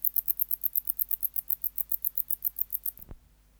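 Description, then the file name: Wart-biter song, a quick series of dry high ticks that stops, followed by a brief low thump. "Decticus verrucivorus"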